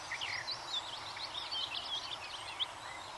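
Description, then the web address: Eurasian blue tit song: a busy run of thin, high chirps and twittering notes over a steady hiss of background noise. "bbc Bird Song Site Blue Tit - Mesange (tit)"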